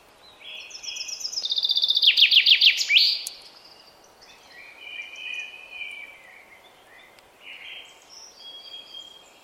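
Common chaffinch song: a quick run of bright notes stepping down in pitch into a sharp terminal flourish, followed by softer, fainter notes.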